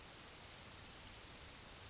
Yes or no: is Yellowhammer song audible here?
no